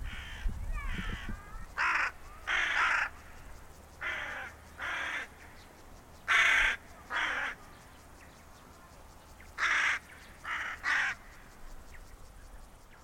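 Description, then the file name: Carrion crow giving about ten rasping caws in loose groups of two or three, spaced unevenly throughout, with a low rumble at the start. "Corvus corone"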